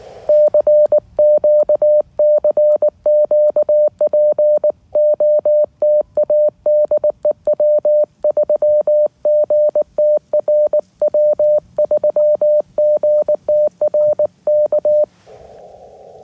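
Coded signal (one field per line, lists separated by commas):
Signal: Morse code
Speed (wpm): 19 wpm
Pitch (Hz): 590 Hz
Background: none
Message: CQ CQ POTA DE W3GTR W3GTR K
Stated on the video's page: FT8 and Morse from a QRP POTA park activation using a QRP Labs QMX transceiver, an EFHW antenna, a UMPP-1 paddle and an 11.1V battery.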